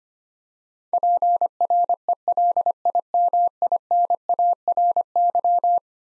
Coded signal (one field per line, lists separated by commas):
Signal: Morse code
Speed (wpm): 25 wpm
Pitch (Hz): 700 Hz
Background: none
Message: PRELIMINARY